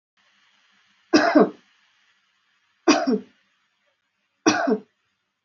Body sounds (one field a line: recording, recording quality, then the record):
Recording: shallow voluntary cough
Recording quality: excellent, no background noise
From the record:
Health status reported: respiratory illness, not identified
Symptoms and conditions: fever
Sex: female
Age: 25 years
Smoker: not ticked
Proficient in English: yes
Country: India